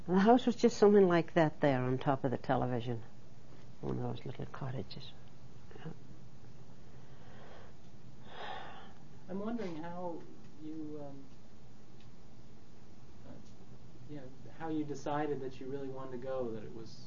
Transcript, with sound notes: The house was just something like that, there, on top of the television. One of those little cottages. ( she sighs )
I'm wondering how you, um, how you decided that you really wanted to go, that it was,